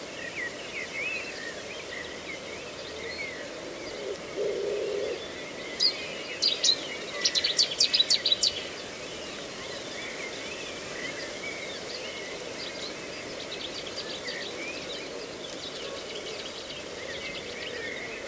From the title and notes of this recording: A mosaic of sounds recorded in a reedbed at Slapton Ley National Nature Reserve, Devon, UK. The sounds were recorded at dawn on three days in May 2023.